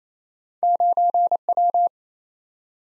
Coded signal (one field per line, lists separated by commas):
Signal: Morse code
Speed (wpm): 28 wpm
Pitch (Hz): 700 Hz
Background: none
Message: 9W